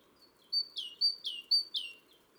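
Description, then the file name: Great tit delivering a crisp series of two-note phrases, high whistle then falling slur, three times in about two seconds. "Parus major"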